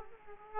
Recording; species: mosquito wingbeat signal from an infrared sensor; Aedes aegypti